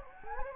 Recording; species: mosquito wingbeat signal from an infrared sensor; Anopheles gambiae